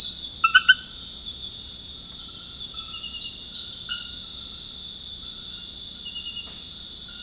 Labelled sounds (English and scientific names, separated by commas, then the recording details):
none
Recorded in dense forest near Puerto Asís, Putumayo, Colombia, on 20 February 2024 at 00:30
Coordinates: 0.485, -76.325
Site G6429